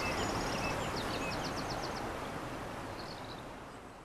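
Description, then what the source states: Eurasian wren song: a quick high trill and a series of sharp rattled notes in the first two seconds, then fading, with running water beneath. Recorded beside a stream on 21 April 2015 with an MZ-N710 recorder.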